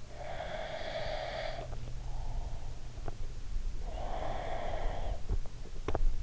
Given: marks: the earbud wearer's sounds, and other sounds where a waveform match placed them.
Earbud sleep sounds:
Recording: sounds in sleep by an in-ear microphone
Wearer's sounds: breath, teeth grinding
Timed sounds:
0.09-2.67 s: breath
2.94-3.34 s: teeth grinding
3.80-6.10 s: breath
5.57-6.10 s: teeth grinding

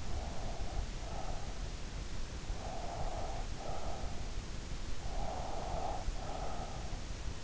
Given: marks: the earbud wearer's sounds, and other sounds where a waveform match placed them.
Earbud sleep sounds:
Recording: sounds in sleep by an in-ear microphone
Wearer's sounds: breath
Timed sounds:
0.00-1.94 s: breath
2.36-4.25 s: breath
5.06-7.23 s: breath

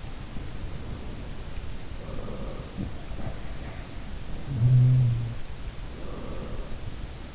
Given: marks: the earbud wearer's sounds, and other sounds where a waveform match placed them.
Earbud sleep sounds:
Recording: sounds in sleep by an in-ear microphone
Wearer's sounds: breath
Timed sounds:
0.20-3.01 s: breath
2.69-5.33 s: sound from someone else or the room
5.01-7.35 s: breath

